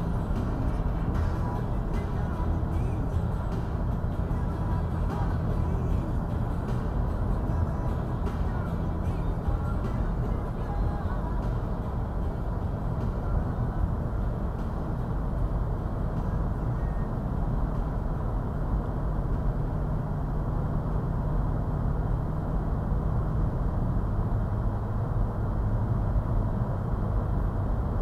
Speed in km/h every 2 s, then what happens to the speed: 92, 92, 95, 93, 93, 90, 89, 87, 85, 85, 87, 89, 90, 92.
0-5 steady at about 92. 5-15 slows to 85. 15-28 steady at about 87.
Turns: none.